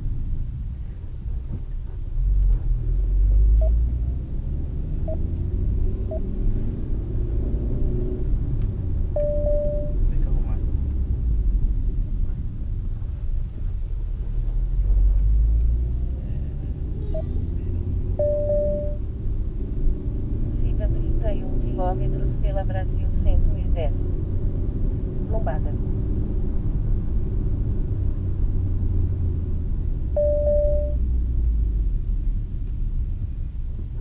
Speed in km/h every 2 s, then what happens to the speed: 12, 22, 34, 46, 48, 37, 15, 21, 33, 39, 46, 53, 60, 61, 42, 34, 19.
0-7 speeds up to 48. 7-13 brakes to 15. 13-25 speeds up to 61. 25-34 brakes to 19.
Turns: none.